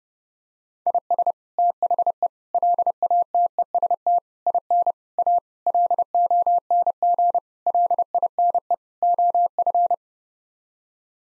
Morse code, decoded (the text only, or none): IS THE LATEST IN A LONG LINE OF